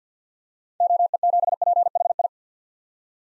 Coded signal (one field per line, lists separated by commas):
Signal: Morse code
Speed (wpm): 50 wpm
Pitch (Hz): 700 Hz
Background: none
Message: OE7PHI